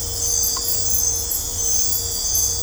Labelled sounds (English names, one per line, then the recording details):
none
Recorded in dense forest near Puerto Asís, Putumayo, Colombia, on 22 December 2024 at 23:00
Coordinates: 0.503, -76.323
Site G043